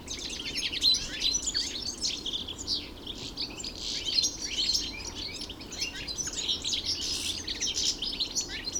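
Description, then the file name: European goldfinch twittering song, a steady stream of bright, scratchy chirps and trills that keeps going without pause over a faint background hiss. 3 February 2015, Hofgarten park, Landshut. "Stieglitz 03 02 2015 Landshut Hofgarten Susanne Rieck"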